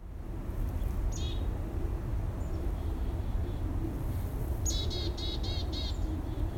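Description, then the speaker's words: Chickadee calls: a short high note early on, then a quick run of repeated buzzy notes near the end, over a steady low airplane rumble. Heard in the morning during a tea meditation under a cloudy, gray sky, with airplanes passing. "Listened to chickadees and airplanes as I enjoyed my morning tea."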